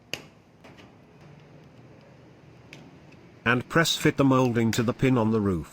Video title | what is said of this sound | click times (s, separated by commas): Repair and Replace Clips Lining Bumbung Lice Drip Roof Molding Proton Wira | push down the molding into the track and you will hear a snap sound | 0.1 s